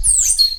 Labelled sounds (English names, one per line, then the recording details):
Stitchbird song
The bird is a male
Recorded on Tiritiri Matangi Island, New Zealand, in 2005
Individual 19, of nest box 27